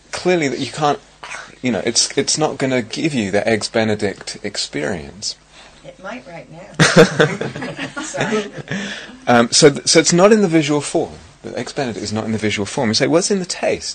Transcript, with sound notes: Clearly, you can't -- you know, it's not going to give you the Eggs Benedict experience.
It might right now...
[laughs] So it's not in the visual form. The Eggs Benedict is not in the visual form. You say, "Well, it's in the taste.